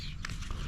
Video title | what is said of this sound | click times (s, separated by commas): 1978 Mustang: New used seatbelt installation! | Hear that snap? | 0.2 s